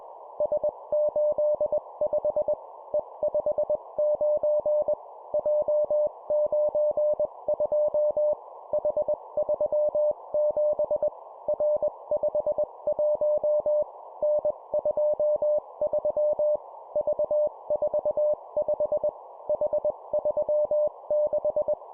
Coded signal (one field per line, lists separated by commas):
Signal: Morse code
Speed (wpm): 21 wpm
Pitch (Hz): 600 Hz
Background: none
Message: S85 E59 J92 H37 R51 N23 V45 H36